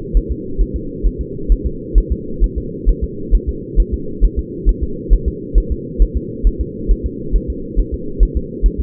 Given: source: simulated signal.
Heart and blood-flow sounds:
fetal heart sounds
0.17 s: S1
0.31 s: S2
0.62 s: S1
0.76 s: S2
1.06 s: S1
1.21 s: S2
1.52 s: S1
1.66 s: S2
1.98 s: S1
2.12 s: S2
2.44 s: S1
2.58 s: S2
2.89 s: S1
3.04 s: S2
3.35 s: S1
3.49 s: S2
3.80 s: S1
3.94 s: S2
4.25 s: S1
4.39 s: S2
4.69 s: S1
4.83 s: S2
5.13 s: S1
5.28 s: S2
5.58 s: S1
5.72 s: S2
6.02 s: S1
6.17 s: S2
6.47 s: S1
6.61 s: S2
6.91 s: S1
7.06 s: S2
7.36 s: S1
7.50 s: S2
7.80 s: S1
7.94 s: S2
8.23 s: S1
8.37 s: S2
8.66 s: S1
8.80 s: S2
From the record:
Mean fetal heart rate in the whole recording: 135 bpm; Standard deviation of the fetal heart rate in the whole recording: 3 bpm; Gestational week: 36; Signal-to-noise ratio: -4.3 dB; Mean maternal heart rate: 72 bpm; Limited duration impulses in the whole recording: absent

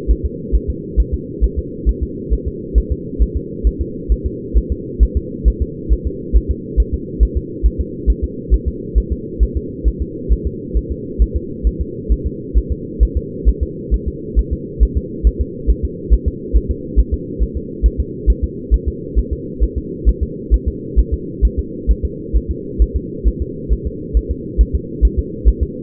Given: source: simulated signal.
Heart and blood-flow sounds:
fetal heart sounds
0.11 s: S1
0.25 s: S2
0.55 s: S1
0.70 s: S2
1.00 s: S1
1.14 s: S2
1.44 s: S1
1.58 s: S2
1.89 s: S1
2.03 s: S2
2.33 s: S1
2.48 s: S2
2.78 s: S1
2.92 s: S2
3.22 s: S1
3.37 s: S2
3.67 s: S1
3.81 s: S2
4.12 s: S1
4.26 s: S2
4.57 s: S1
4.72 s: S2
5.03 s: S1
5.17 s: S2
5.48 s: S1
5.62 s: S2
5.92 s: S1
6.07 s: S2
6.36 s: S1
6.51 s: S2
6.80 s: S1
6.94 s: S2
7.23 s: S1
7.37 s: S2
7.66 s: S1
7.80 s: S2
8.10 s: S1
8.24 s: S2
8.54 s: S1
8.68 s: S2
8.98 s: S1
9.12 s: S2
9.43 s: S1
9.57 s: S2
9.88 s: S1
10.02 s: S2
10.32 s: S1
10.47 s: S2
10.77 s: S1
10.91 s: S2
11.22 s: S1
11.36 s: S2
11.67 s: S1
11.81 s: S2
12.12 s: S1
12.26 s: S2
12.57 s: S1
12.72 s: S2
13.03 s: S1
13.17 s: S2
13.48 s: S1
13.63 s: S2
13.94 s: S1
14.08 s: S2
14.39 s: S1
14.53 s: S2
14.83 s: S1
14.97 s: S2
15.27 s: S1
15.41 s: S2
15.70 s: S1
15.85 s: S2
16.13 s: S1
16.28 s: S2
16.56 s: S1
16.71 s: S2
16.99 s: S1
17.14 s: S2
17.43 s: S1
17.57 s: S2
17.86 s: S1
18.00 s: S2
18.30 s: S1
18.44 s: S2
18.74 s: S1
18.88 s: S2
19.19 s: S1
19.33 s: S2
19.63 s: S1
19.78 s: S2
20.09 s: S1
20.23 s: S2
20.54 s: S1
20.68 s: S2
20.99 s: S1
21.14 s: S2
21.45 s: S1
21.59 s: S2
21.91 s: S1
22.05 s: S2
22.36 s: S1
22.51 s: S2
22.82 s: S1
22.96 s: S2
23.28 s: S1
23.42 s: S2
23.73 s: S1
23.87 s: S2
24.17 s: S1
24.31 s: S2
24.61 s: S1
24.75 s: S2
25.05 s: S1
25.19 s: S2
25.48 s: S1
25.63 s: S2
From the record:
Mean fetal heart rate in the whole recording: 135 bpm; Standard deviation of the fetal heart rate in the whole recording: 3 bpm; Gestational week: 34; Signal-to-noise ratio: -4.1 dB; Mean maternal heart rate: no maternal heart sound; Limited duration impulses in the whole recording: absent

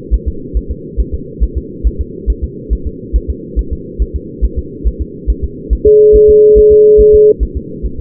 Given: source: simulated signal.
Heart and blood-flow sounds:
fetal heart sounds
0.14 s: S1
0.28 s: S2
0.57 s: S1
0.71 s: S2
1.00 s: S1
1.14 s: S2
1.43 s: S1
1.58 s: S2
1.87 s: S1
2.01 s: S2
2.30 s: S1
2.44 s: S2
2.73 s: S1
2.87 s: S2
3.16 s: S1
3.30 s: S2
3.59 s: S1
3.73 s: S2
4.02 s: S1
4.16 s: S2
4.45 s: S1
4.59 s: S2
4.87 s: S1
5.02 s: S2
5.30 s: S1
5.44 s: S2
5.73 s: S1
5.87 s: S2
6.16 s: S1
6.30 s: S2
6.58 s: S1
6.72 s: S2
7.01 s: S1
7.15 s: S2
7.43 s: S1
7.57 s: S2
7.86 s: S1
8.00 s: S2
From the record:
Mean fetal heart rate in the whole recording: 140 bpm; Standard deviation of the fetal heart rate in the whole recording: 2 bpm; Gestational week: 34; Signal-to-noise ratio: -4.3 dB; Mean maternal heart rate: 72 bpm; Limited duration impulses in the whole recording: present

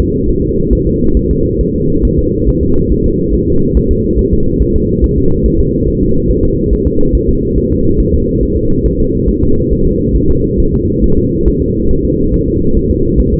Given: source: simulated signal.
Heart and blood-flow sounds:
fetal heart sounds
0.00 s: S2
0.29 s: S1
0.44 s: S2
0.73 s: S1
0.87 s: S2
1.17 s: S1
1.31 s: S2
1.61 s: S1
1.75 s: S2
2.05 s: S1
2.19 s: S2
2.49 s: S1
2.63 s: S2
2.92 s: S1
3.06 s: S2
3.34 s: S1
3.48 s: S2
3.77 s: S1
3.91 s: S2
4.19 s: S1
4.33 s: S2
4.62 s: S1
4.76 s: S2
5.04 s: S1
5.18 s: S2
5.46 s: S1
5.60 s: S2
5.88 s: S1
6.03 s: S2
6.31 s: S1
6.45 s: S2
6.73 s: S1
6.87 s: S2
7.15 s: S1
7.29 s: S2
7.58 s: S1
7.72 s: S2
8.00 s: S1
8.14 s: S2
8.43 s: S1
8.57 s: S2
8.86 s: S1
9.00 s: S2
9.29 s: S1
9.44 s: S2
9.73 s: S1
9.87 s: S2
10.16 s: S1
10.31 s: S2
10.60 s: S1
10.74 s: S2
11.04 s: S1
11.18 s: S2
11.48 s: S1
11.62 s: S2
11.91 s: S1
12.05 s: S2
12.34 s: S1
12.48 s: S2
12.77 s: S1
12.91 s: S2
13.20 s: S1
13.34 s: S2
From the record:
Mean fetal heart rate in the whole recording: 140 bpm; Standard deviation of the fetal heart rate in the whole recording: 2 bpm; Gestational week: 34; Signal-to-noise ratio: -16.4 dB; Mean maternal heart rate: 72 bpm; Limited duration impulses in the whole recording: present

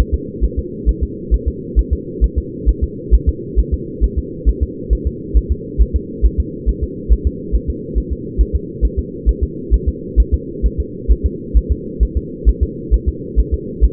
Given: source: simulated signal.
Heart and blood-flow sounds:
fetal heart sounds
0.00 s: S1
0.14 s: S2
0.44 s: S1
0.59 s: S2
0.89 s: S1
1.03 s: S2
1.34 s: S1
1.48 s: S2
1.79 s: S1
1.93 s: S2
2.24 s: S1
2.38 s: S2
2.69 s: S1
2.83 s: S2
3.14 s: S1
3.29 s: S2
3.59 s: S1
3.74 s: S2
4.04 s: S1
4.18 s: S2
4.49 s: S1
4.63 s: S2
4.93 s: S1
5.07 s: S2
5.37 s: S1
5.51 s: S2
5.81 s: S1
5.96 s: S2
6.25 s: S1
6.40 s: S2
6.69 s: S1
6.83 s: S2
7.13 s: S1
7.27 s: S2
7.55 s: S1
7.70 s: S2
7.98 s: S1
8.12 s: S2
8.41 s: S1
8.55 s: S2
8.85 s: S1
8.99 s: S2
9.29 s: S1
9.43 s: S2
9.74 s: S1
9.88 s: S2
10.20 s: S1
10.34 s: S2
10.66 s: S1
10.80 s: S2
11.12 s: S1
11.26 s: S2
11.57 s: S1
11.72 s: S2
12.03 s: S1
12.17 s: S2
12.49 s: S1
12.63 s: S2
12.94 s: S1
13.08 s: S2
13.39 s: S1
13.54 s: S2
13.84 s: S1
From the record:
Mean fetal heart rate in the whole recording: 135 bpm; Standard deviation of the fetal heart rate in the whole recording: 3 bpm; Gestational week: 34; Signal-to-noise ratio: -4.1 dB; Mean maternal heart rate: no maternal heart sound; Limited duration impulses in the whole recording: absent

